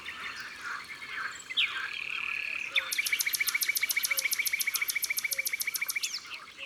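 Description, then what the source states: Common nightingale song: a short whistled phrase, then a long, even, rapid trill of many sharp repeated notes, with a faint low note recurring behind it. Song recorded by the water.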